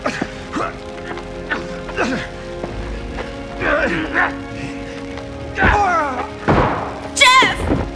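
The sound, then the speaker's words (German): A struggle between two men, with scattered heavy thuds and strained vocal grunts and cries, the blows growing louder and more frantic toward the end. “Sie kämpfen!”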